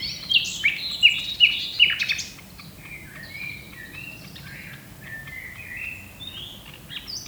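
Common nightingale song opening with loud repeated sharp notes about every third of a second, followed by softer drawn-out whistles.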